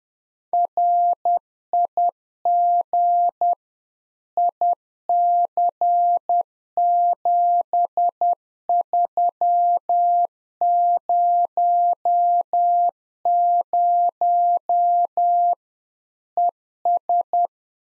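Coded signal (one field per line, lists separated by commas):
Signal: Morse code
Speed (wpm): 10 wpm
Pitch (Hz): 700 Hz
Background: none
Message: RIG IC7300 ES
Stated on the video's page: Practice QSO information segment (rig, antenna, weather) at 10 wpm, sent in Morse, spoken, then sent again, used in LICW QSO classes.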